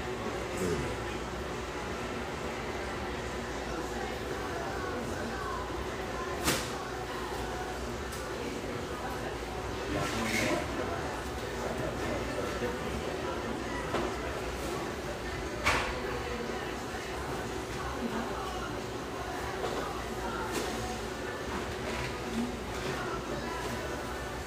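A café hums with a steady murmur of overlapping conversation and a constant low rumble underneath. Sharp clinks and knocks cut through now and then, clearest around 6, 10 and 16 seconds, like dishes or cups being set down.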